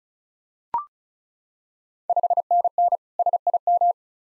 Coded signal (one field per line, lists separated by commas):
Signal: Morse code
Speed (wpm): 36 wpm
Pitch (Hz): 700 Hz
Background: none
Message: 5NN SIM